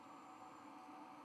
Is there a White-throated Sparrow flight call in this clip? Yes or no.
no